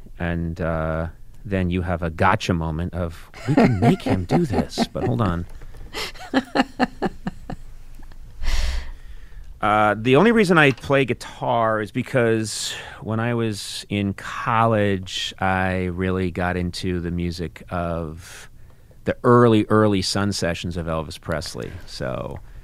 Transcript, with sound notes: And then you have a gotcha moment of...
(Laughter).
We can make him do this. But hold on.
(Laughter).
The only reason I play guitar is because when I was in college, I really got into the music of the early, early "Sun Sessions" of Elvis Presley.